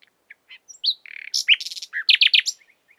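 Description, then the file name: Common nightingale singing a varied phrase: soft thin notes, a pure whistle, a rapid rattle, then loud repeated harsh chirps and quiet ticks. "Luscinia megarhynchos"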